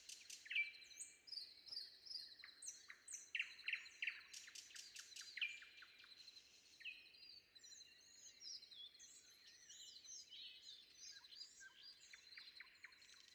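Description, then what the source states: Common nightingale song, loud and varied: rapid staccato note series, buzzy trills and clear whistles in the first half, softer bird chorus continuing afterwards. Recorded before dawn.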